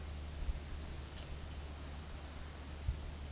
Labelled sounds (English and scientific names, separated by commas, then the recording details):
none
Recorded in pastures near Puerto Asís, Putumayo, Colombia, on 25 June 2025 at 12:00
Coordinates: 0.472, -76.331
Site G095